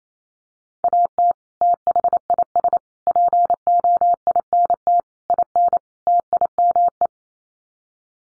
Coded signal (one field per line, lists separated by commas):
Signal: Morse code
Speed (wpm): 28 wpm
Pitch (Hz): 700 Hz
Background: none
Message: AT THIS POINT IN TIME